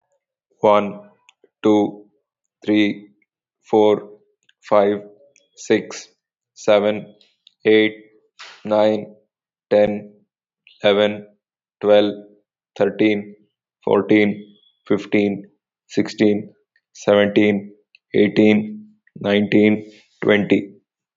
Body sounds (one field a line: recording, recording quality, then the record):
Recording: counting at a normal pace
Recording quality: excellent, no background noise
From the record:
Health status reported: healthy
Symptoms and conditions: cold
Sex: male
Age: 18 years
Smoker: not ticked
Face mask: not worn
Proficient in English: yes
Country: India